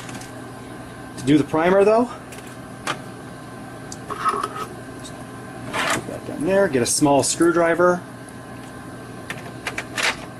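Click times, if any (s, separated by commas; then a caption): 9.8 s. A remanufactured solid ink cube for a Xerox ColorQube 8570/8580 printer is plugged into the printer's primer slot with a small screwdriver on hand and held in place while someone talks. Sharp clicks ring out near the end, with the cube clicking into place and seating at 9.8 s.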